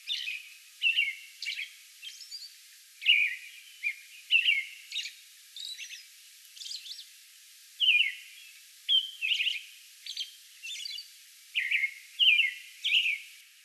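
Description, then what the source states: American robin song: a series of warbled whistled phrases mixed with thin high squeaky notes, with short pauses between. A song bout recorded on May 11.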